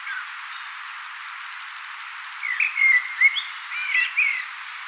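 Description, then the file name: Common blackbird song: after a quiet start, one mellow warbled phrase with clear whistles and thin high squeaks toward the end. "Turdus merula"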